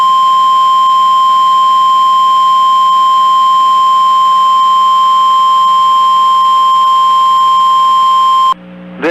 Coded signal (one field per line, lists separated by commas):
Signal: Emergency Alert System (SAME) tones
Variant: 1050 Hz attention tone